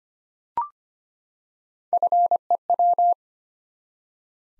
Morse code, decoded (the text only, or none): FEW